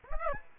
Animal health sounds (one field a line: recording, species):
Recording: mosquito wingbeat signal from an infrared sensor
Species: Aedes aegypti